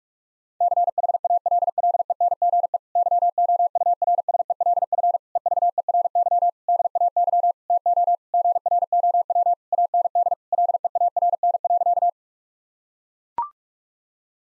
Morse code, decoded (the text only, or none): CHALLENGE YOURSELF EVERY DAY TO GROW AND LEARN.